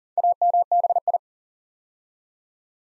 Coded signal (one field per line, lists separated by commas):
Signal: Morse code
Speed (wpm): 40 wpm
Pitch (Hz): 700 Hz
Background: none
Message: AMBI